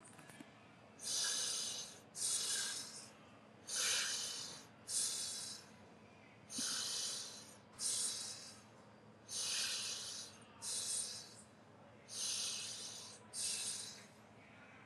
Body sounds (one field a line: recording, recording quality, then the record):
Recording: deep breathing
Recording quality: excellent, no background noise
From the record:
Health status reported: recovered from COVID-19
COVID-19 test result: negative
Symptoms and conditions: asthma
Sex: male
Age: 26 years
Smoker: not ticked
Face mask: not worn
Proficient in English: yes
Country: India